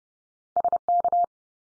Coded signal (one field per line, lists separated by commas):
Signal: Morse code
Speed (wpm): 30 wpm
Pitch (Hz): 700 Hz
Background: none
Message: SK